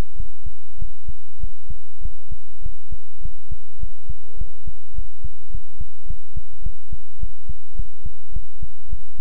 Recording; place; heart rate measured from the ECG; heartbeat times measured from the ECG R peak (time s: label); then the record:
heart sounds by stethoscope; between the tricuspid and mitral areas; 103 bpm
0.15 s: heartbeat
0.77 s: heartbeat
1.39 s: heartbeat
2.00 s: heartbeat
2.61 s: heartbeat
3.20 s: heartbeat
3.78 s: heartbeat
4.36 s: heartbeat
4.93 s: heartbeat
5.49 s: heartbeat
6.06 s: heartbeat
6.61 s: heartbeat
7.18 s: heartbeat
7.75 s: heartbeat
8.32 s: heartbeat
8.88 s: heartbeat
From the record:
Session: pedaling a stationary bicycle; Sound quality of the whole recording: good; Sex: male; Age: 24 years